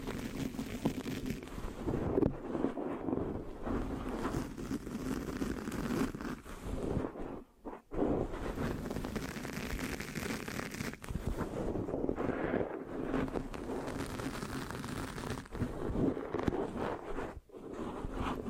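Mic scratching fills the recording with a dense, rough rustle that churns continuously, full in the low middle with a brighter hiss above. Brief near-silent gaps break it around seconds 7.5 and 17.5, and sticky, crackling grinds swell and fade throughout.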